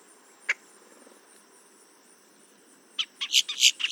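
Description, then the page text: Boat-tailed grackle giving a single sharp chuck, then after a pause a rapid burst of loud, grating, buzzy notes. "Paul Marvin - Лодкохвостый гракл (Quiscalus major)"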